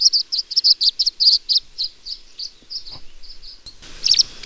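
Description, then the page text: Tree swallow giving a rapid series of short, high chirping notes, slowing and fading, then a louder burst of chirps at the end. "Tree Swallow. Audio 2 (M. Oberle)"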